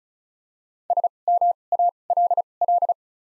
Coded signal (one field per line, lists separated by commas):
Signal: Morse code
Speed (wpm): 36 wpm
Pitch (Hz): 700 Hz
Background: none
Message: S M A L L